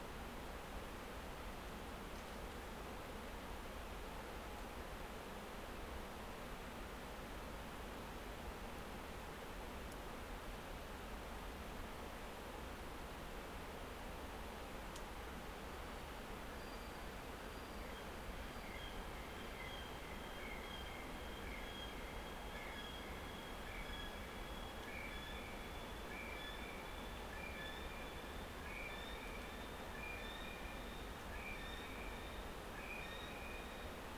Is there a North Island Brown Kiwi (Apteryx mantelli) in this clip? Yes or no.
yes